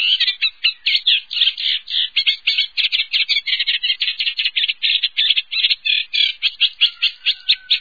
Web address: chants et cris rousserolleeffarvatte